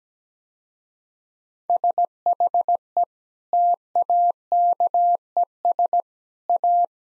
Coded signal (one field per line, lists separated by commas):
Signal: Morse code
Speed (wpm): 17 wpm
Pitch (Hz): 700 Hz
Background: none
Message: SHE TAKES A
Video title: Easy Sentences with Hints - 17wpm